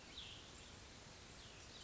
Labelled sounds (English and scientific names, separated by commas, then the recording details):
Cassin's Vireo (Vireo cassinii)
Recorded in Sonoma County, California